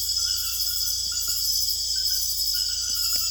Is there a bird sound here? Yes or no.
no